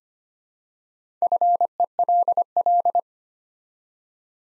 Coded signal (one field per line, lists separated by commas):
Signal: Morse code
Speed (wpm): 25 wpm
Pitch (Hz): 700 Hz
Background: none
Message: FELL